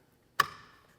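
The large middle wiring-harness connector is pushed back onto the engine control module of a 2021-2022 2.7L EcoBoost F-150, and its lever tab draws it into place. A single sharp snap sounds at 0.4 s, followed by a brief fading ring in otherwise quiet surroundings. The connector is seated.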